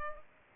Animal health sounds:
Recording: mosquito wingbeat signal from an infrared sensor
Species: Culex pipiens

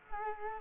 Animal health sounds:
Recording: mosquito wingbeat signal from an infrared sensor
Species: Culex quinquefasciatus

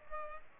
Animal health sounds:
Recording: mosquito wingbeat signal from an infrared sensor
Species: Culex pipiens

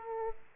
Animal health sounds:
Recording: mosquito wingbeat signal from an infrared sensor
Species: Aedes aegypti

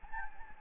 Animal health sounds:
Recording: mosquito wingbeat signal from an infrared sensor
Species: Anopheles gambiae

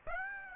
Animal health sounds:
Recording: mosquito wingbeat signal from an infrared sensor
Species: Aedes aegypti

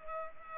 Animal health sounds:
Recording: mosquito wingbeat signal from an infrared sensor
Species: Culex pipiens

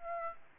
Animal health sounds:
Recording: mosquito wingbeat signal from an infrared sensor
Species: Aedes aegypti

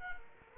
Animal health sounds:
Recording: mosquito wingbeat signal from an infrared sensor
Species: Culex quinquefasciatus

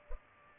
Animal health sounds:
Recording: mosquito wingbeat signal from an infrared sensor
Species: Culex pipiens

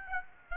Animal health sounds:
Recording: mosquito wingbeat signal from an infrared sensor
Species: Aedes aegypti

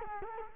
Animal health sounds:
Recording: mosquito wingbeat signal from an infrared sensor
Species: Culex quinquefasciatus

